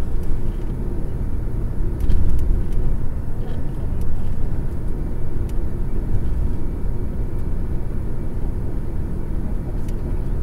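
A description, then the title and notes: A bus at night rumbles steadily with a deep, dense engine drone, a faint hum above it, and occasional small clicks and rattles. NIGHT BUS TRIP.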